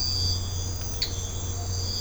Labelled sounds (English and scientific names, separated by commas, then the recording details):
none
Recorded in secondary vegetation near Puerto Asís, Putumayo, Colombia, on 20 December 2024 at 05:30
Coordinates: 0.502, -76.326
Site G028